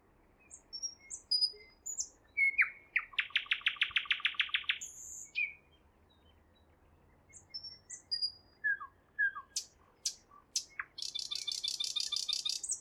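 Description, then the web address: Nightingale song: short whistles and clicks, then a fast rattling run of repeated notes, a pause, and more varied phrases ending in a dense buzzy trill. Singing at Roslawien on 13 May 2016. "slowik-spiew-slowika-roslawien-13052016"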